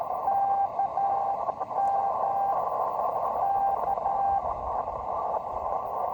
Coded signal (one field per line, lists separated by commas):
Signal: Morse code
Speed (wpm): 12 wpm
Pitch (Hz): 790 Hz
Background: radio noise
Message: KM K